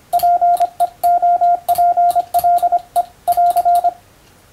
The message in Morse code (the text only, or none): PEOPLE <AR>